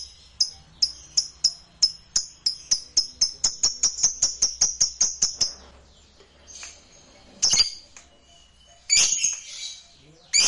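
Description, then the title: Lovebird calls: a fast series of sharp high chirps that quickens, then a pause followed by a few harsh, scratchy squawks. "Suara Lovebird"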